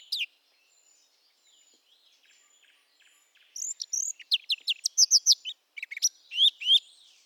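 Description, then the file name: Eurasian blackcap singing: a brief note, a quiet pause, then a loud fast run of clear, high whistled and twittering notes. "Sylvia atricapilla"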